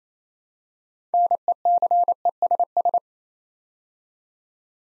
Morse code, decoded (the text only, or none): NECESS